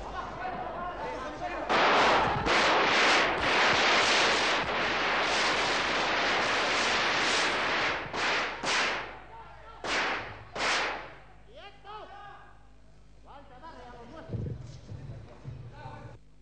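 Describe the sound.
A rapid volley of loud gunshots fired in a crowded hall during the military coup in Spain at 6:25 pm on 23 February 1981, sharp cracks bursting one after another, followed by a few scattered shots as shouting voices and commotion carry on underneath.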